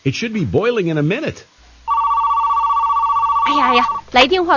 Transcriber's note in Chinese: 手机铃声响